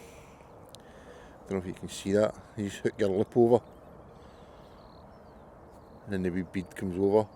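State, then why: Not seated. An angler hooks a loop over the quick-link clip on a fishing feeder rig, then starts sliding the rubber weed bead over it while someone talks. The clip ends before the bead goes home, so nothing has clicked into place yet.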